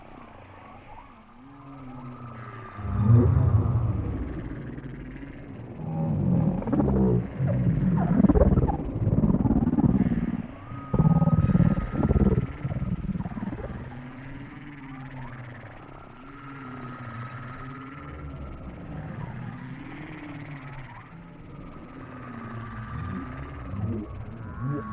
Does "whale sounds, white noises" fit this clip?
yes